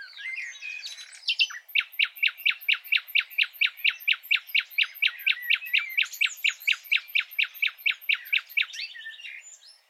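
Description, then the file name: Common nightingale song: a few varied notes, then a long evenly paced run of many loud repeated chirps that fades at the end. "Luscinia megarhynchos"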